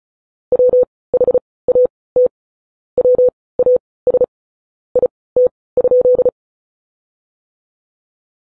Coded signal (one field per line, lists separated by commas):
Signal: Morse code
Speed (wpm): 36 wpm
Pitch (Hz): 500 Hz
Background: none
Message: WHAT WAS IT?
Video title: An Eastern Telegraph Company Primer: Answering the questions you didn't know you wanted to ask